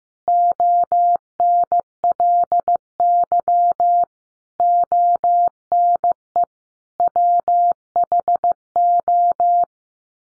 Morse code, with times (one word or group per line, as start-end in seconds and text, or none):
0.3-4.0 ONLY
4.6-6.4 ONE
7.0-9.6 WHO